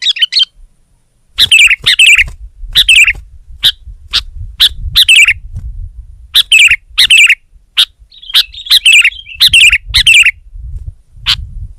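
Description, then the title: Sooty-headed bulbul sounding brisk chips and short warbled phrases, with a brief pause early on and faint low background noise. "kutilang"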